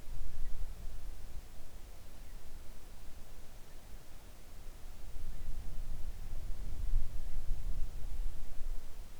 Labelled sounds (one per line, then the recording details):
wind
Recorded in the Arctic National Wildlife Refuge, Alaska, on 3 August 2019 at 05:12
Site 41